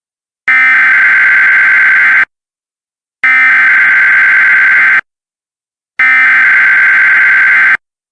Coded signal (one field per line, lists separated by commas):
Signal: Emergency Alert System (SAME) tones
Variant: header bursts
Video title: EAS Scenario - Omega